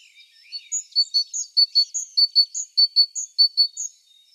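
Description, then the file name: Great tit delivering a rapid, even series of high, bright chipping notes, alternating slightly higher and lower. "Parus major"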